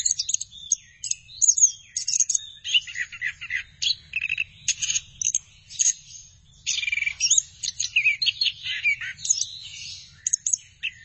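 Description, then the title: Thrush song, a loud rapid high warbling of chattering and twittering notes running almost without pause, with a faint low hum beneath. "burung anis x"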